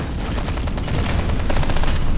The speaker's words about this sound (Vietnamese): Đêm nào cũng vậy, cứ đúng 3 giờ sáng, bên tai ông lại ù đi bởi tiếng súng liên thanh nổ như pháo đạn